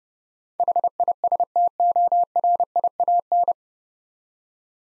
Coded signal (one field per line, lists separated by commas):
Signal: Morse code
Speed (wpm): 32 wpm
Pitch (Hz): 700 Hz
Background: none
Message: HISTORIAN